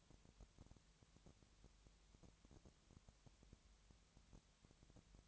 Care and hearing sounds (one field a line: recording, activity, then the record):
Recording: daily activity, microphone in the room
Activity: no activity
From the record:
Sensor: 3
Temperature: 20.6 degrees Celsius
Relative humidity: 34.7%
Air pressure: 1007.2 hPa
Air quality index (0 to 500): 137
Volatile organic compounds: 3 ppm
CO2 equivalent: 1527 ppm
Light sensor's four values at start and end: 2/3/2/2 and 2/3/2/2